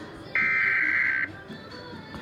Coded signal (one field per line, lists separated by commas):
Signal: Emergency Alert System (SAME) tones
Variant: header bursts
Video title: EAS #76 Illinois Communications Drill